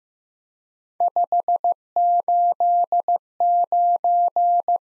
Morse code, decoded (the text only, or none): 589